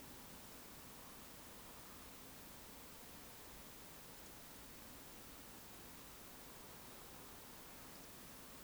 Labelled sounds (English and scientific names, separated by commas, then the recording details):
Eurasian Woodcock (Scolopax rusticola) whistle
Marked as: whistle, whistle, whistle
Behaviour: display flight
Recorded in Baden-Württemberg, Germany, on 18 June 2021 at 20:32 UTC
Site 49334, 1074 m above sea level